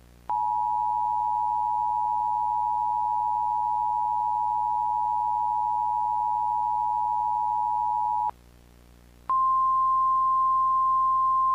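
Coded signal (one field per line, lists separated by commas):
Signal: Emergency Alert System (SAME) tones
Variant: 853 and 960 Hz attention tone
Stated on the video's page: Mock severe thunderstorm warning EAS alert; simulated, not real.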